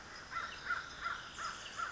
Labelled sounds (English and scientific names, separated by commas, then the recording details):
American Crow (Corvus brachyrhynchos)
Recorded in Sonoma County, California